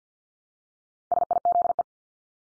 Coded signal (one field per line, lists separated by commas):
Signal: Morse code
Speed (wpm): 50 wpm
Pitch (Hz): 700 Hz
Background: none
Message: SIZE